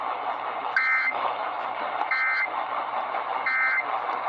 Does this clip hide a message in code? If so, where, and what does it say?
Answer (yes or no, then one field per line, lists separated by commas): no